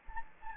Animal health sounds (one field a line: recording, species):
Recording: mosquito wingbeat signal from an infrared sensor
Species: Anopheles gambiae